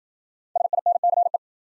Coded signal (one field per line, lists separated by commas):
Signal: Morse code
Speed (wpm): 54 wpm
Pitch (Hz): 700 Hz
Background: none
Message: SINCE